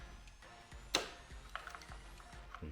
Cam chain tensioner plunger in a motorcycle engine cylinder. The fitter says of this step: hear it snap back and your cam chain